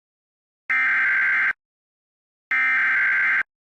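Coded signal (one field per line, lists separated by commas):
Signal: Emergency Alert System (SAME) tones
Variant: header bursts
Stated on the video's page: Civil emergency message relayed via a TV station.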